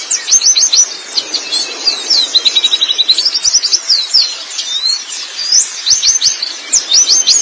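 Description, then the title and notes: White-eye song: lively, high chirping phrases, including a rapid trilled run, delivered almost without break. Long-duration recording of chirping song (kicauan). "Kicauan Burung Pleci Durasi Panjang. Suara kicauan burung pleci"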